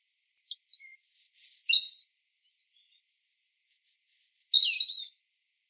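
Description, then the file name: European robin with two high song phrases: sharp descending notes and a warble, then a thin sustained whistle dropping into a lower trilling flourish. "Erithacus rubecula"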